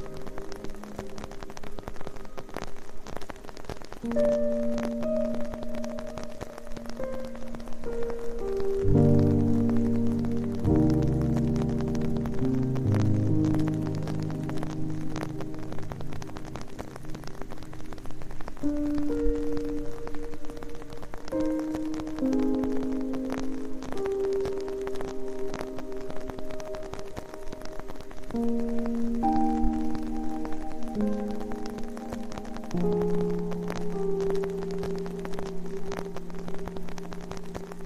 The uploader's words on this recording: The Magic of an Evening Rain in Costa Rica.